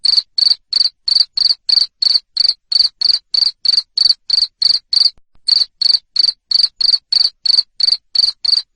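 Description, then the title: Cricket chirping, sharp high-pitched pulses in a rapid even series, pausing once briefly before resuming at the same pace. Loud cricket chirping used to make lovebirds keep singing (ngekek). "Suara JANGKRIK NGERIK Keras Bikin LOVEBIRD Jadi NGEKEK Terus"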